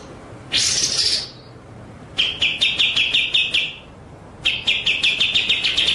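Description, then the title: White-rumped shama song with one short harsh buzzy burst followed by two long, evenly pulsed rattling trills, separated by short quiet gaps. Masteran (training) track of full ngerol and nembak song. "Masteran Murai Batu Full Ngerol Nembak"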